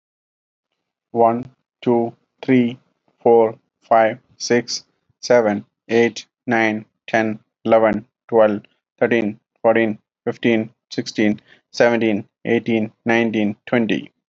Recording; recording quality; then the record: counting at a normal pace; excellent, no background noise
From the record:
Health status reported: healthy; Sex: male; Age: 38 years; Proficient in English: yes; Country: India